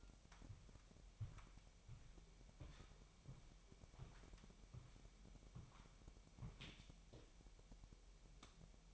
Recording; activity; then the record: daily activity, microphone in the room; walk to room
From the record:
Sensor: 1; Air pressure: 1002.0 hPa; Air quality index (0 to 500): 247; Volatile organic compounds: 52 ppm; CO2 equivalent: 3320 ppm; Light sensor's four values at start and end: 7/16/6/7 and 7/16/6/7